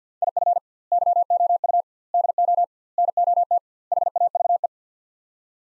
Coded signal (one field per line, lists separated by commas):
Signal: Morse code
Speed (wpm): 49 wpm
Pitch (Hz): 700 Hz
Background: none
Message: IF YOU DO NOT HAVE